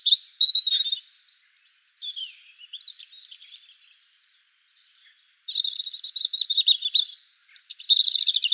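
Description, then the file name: European robin song: high, thin warbled phrases with trills and slurred notes, a quiet pause midway, then louder twittering phrases resume. "Erithacus rubecula"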